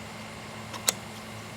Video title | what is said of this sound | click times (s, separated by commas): Product Review: Fourth Arrow Stiff Arm | and once it's locked into place I'm going to go ahead and leave this in here | 0.9 s